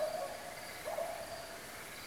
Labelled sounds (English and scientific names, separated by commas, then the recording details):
none
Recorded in France